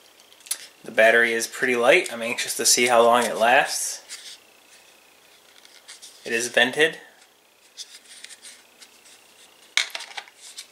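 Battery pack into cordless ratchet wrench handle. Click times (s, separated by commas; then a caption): 9.8 s. A 12V battery pack for an Avid Power 3/8" cordless ratchet wrench, model ACRW106, is slid into the wrench's handle while someone talks. It latches with a sharp click at 9.8 s, followed by a few smaller clicks, and the battery is seated, clicking into place easily.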